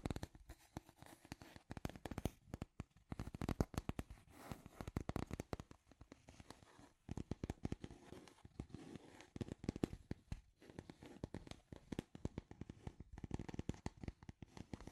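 Scratchy tapping in dense, irregular bursts of sharp clicks and scrapes, busiest early on, with brief pauses around seven and ten seconds.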